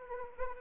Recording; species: mosquito wingbeat signal from an infrared sensor; Anopheles arabiensis